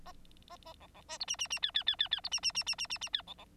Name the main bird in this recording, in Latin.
Lonchura striata domestica